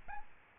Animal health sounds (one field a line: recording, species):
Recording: mosquito wingbeat signal from an infrared sensor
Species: Aedes albopictus